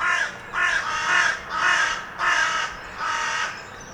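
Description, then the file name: Carrion crow giving several rasping caws in a loose run, each drawn out and slightly rough, with short gaps between them. "Corvus corone"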